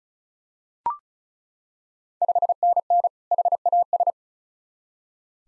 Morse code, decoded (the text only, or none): 5NN HAS